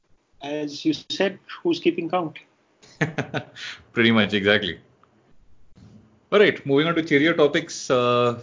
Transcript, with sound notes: as you said- who’s keeping count.
[laughs] Pretty much, exactly.
Alright, moving on to cheerier topics-